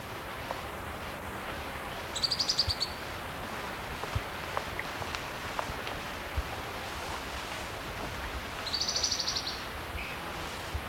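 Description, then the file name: Spotted Antbird calling twice with short, high, rattling bursts several seconds apart, set against constant hissy background noise and faint ticks. "Hylophylax naevioides - Spotted Antbird"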